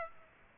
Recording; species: mosquito wingbeat signal from an infrared sensor; Aedes aegypti